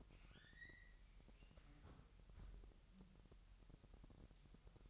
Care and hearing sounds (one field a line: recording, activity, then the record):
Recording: daily activity, microphone in the room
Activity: close fridge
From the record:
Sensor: 3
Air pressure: 1002.0 hPa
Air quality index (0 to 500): 246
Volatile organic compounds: 51 ppm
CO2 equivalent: 3310 ppm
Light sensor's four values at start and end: 12/36/16/13 and 12/36/15/13